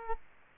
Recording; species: mosquito wingbeat signal from an infrared sensor; Culex quinquefasciatus